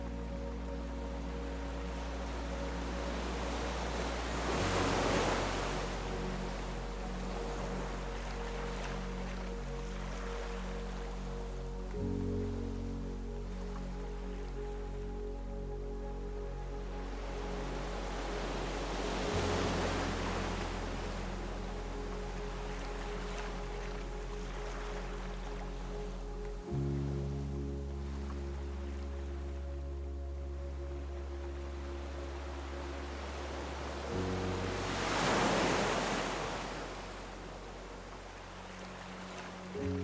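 Ocean waves wash in over soft, slow music, the surges swelling roughly every ten seconds, around 5, 15, 20, 30 and 35 seconds. Low sustained chords underneath shift to new notes every seven or eight seconds, while a steady hiss of surf fills the gaps.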